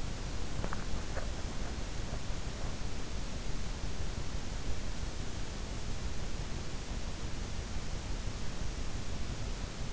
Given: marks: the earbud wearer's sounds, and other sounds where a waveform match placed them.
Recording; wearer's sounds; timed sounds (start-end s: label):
sounds in sleep by an in-ear microphone; teeth grinding
0.00-2.54 s: teeth grinding